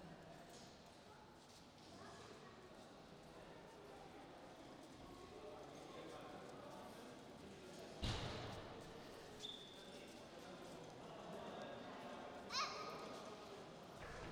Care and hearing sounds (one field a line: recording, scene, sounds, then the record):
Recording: everyday scene through a hearing-aid microphone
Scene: reverberant space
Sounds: background noise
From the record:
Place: railway station hall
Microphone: in the ear canal, right